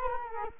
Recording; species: mosquito wingbeat signal from an infrared sensor; Culex quinquefasciatus